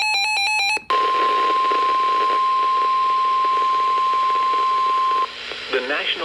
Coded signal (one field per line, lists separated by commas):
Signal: Emergency Alert System (SAME) tones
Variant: 1050 Hz attention tone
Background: speech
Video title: EAS doubleheader flood warnings